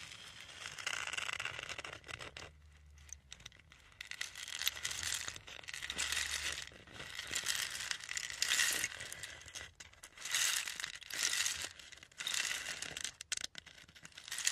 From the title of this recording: Rain stick